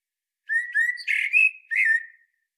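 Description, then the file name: Common blackbird producing one flowing whistled phrase: two low fluty notes, a burst of squeaky notes, then a falling final whistle. No other sounds. "Turdus merula"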